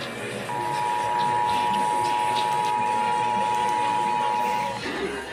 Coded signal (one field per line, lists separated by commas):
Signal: Emergency Alert System (SAME) tones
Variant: 853 and 960 Hz attention tone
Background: music